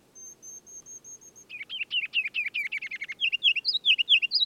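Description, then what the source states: Ruby-crowned kinglet song opening with a thin, very high steady whistle, then fast chattering notes leading into bright rolling phrases that grow louder, over a soft low background rumble. Regulus calendula in northern forest, in continual aerial display nearly nonstop from dawn to dusk: sings on a fir limb about 20 feet up, flits out, somersaults, hovers, returns; recorded at lunchtime, unprocessed.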